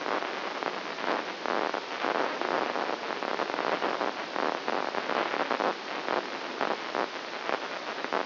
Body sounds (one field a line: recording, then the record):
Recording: brain microelectrode recording played as sound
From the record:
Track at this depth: inside the subthalamic nucleus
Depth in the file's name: 1.456 mm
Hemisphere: left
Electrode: 1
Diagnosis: Parkinson's disease